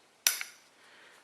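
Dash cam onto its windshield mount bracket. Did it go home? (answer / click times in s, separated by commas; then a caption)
yes / 0.3 s. A Vantrue X1 dash cam body is slid onto its plastic windshield mount bracket and locks in place. A sharp snap lands at 0.3 s, followed by a smaller tick at 0.4 s, and the cam is seated on the mount.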